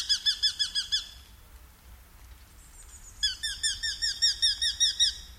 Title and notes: Viikon luontoääni: Nuolihaukka. Juha Laaksonen. Yle